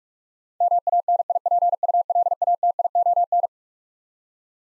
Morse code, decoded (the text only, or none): MANIPULATION